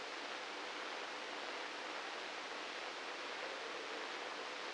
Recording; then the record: brain microelectrode recording played as sound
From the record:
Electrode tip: inside the subthalamic nucleus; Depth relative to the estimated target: -2 mm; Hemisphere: right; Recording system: NeuroSet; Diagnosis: Parkinson's disease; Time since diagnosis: 9 years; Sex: male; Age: 61 years